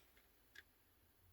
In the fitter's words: that snapping into place right there